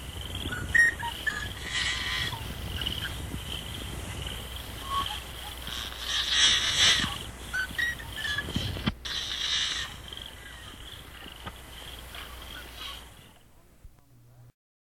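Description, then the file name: Yellow-headed blackbird giving harsh, raspy, buzzy bursts, loudest around the middle, over steady low rumbling noise. "Yellow Headed BB"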